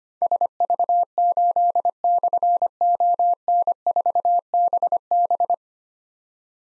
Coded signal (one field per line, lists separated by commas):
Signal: Morse code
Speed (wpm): 25 wpm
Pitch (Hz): 700 Hz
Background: none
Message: SV8/ON4BB